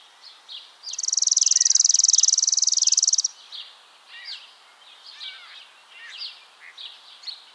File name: Spizella passerina - Chipping Sparrow